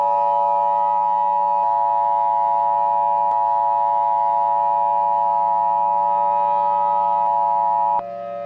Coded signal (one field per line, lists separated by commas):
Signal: Emergency Alert System (SAME) tones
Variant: 853 and 960 Hz attention tone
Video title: *VALID TONES* Colorado Springs Nightmare (EAS Mini-Scenario)